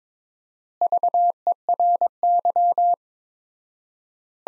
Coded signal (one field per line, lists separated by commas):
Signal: Morse code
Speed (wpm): 21 wpm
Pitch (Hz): 700 Hz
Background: none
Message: VERY